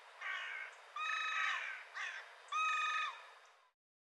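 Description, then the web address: Bird giving a few harsh, drawn-out caws, the last fading before silence. "cianscape birddata Deverinetal 2025"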